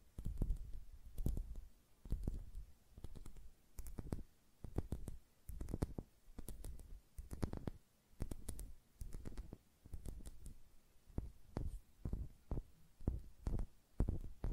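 Fingers tap on nails and flutter over hands in soft, low thumping bursts, each with a sharp click, repeating roughly every second.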